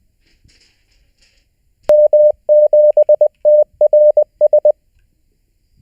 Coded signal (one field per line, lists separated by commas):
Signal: Morse code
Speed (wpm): 20 wpm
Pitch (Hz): 600 Hz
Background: none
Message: M7TRS